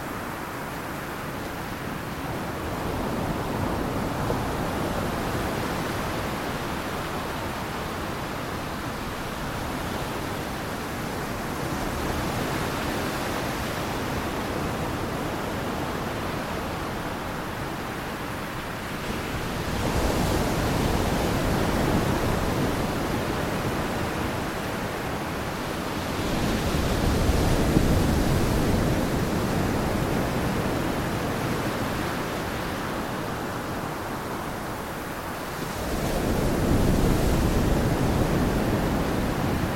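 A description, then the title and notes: Ocean waves wash in a steady low roar, swelling louder around 19, 27 and 36 seconds as each surge breaks. Ocean Waves Sounds Ambiance for Relaxation.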